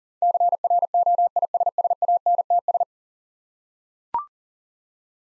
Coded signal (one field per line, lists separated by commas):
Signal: Morse code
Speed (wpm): 37 wpm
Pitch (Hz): 700 Hz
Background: none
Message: CROISSANTS